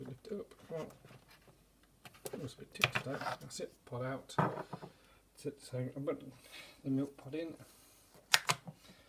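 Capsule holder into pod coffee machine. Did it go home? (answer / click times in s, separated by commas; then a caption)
yes / 8.3 s. On a Dolce Gusto Krups plastic pod coffee machine, the capsule holder loaded with a milk pod is slid back in and clicks sharply home at 8.3 s. Someone talks throughout, and there are a few quieter taps around 2 s as the old pod comes out.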